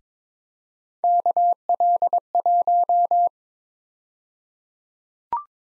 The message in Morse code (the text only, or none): KL1